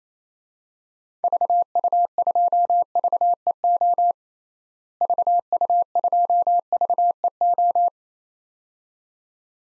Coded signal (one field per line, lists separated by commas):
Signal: Morse code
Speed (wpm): 28 wpm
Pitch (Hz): 700 Hz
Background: none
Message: VU2VEO VU2VEO